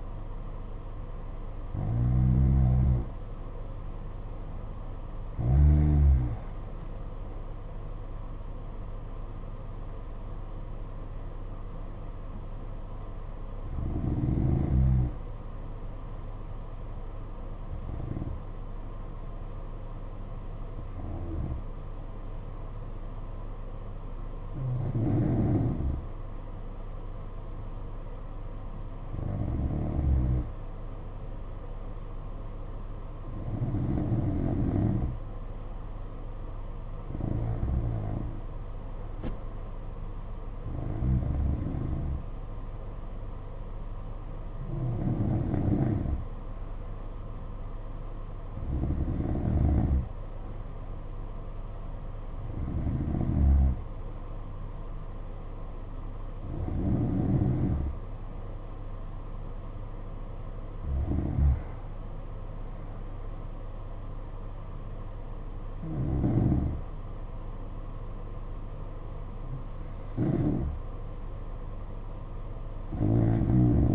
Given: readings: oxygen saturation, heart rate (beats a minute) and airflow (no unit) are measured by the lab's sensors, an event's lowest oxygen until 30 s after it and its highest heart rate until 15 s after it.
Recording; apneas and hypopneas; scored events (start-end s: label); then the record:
breathing in sleep by a smartphone at the bedside; none
none scored
From the record:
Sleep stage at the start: N2 (light sleep); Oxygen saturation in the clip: 90 to 93%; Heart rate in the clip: 55 to 60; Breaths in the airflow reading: 18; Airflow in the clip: -6.6 to 6.0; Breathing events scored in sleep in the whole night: 476 in 9.7 hours asleep